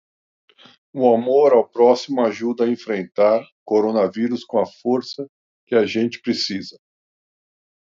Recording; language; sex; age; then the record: spoken sentence; Brazilian Portuguese; male; 50 to 59 years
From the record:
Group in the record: control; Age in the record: 58 years